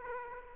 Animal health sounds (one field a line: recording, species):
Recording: mosquito wingbeat signal from an infrared sensor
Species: Aedes aegypti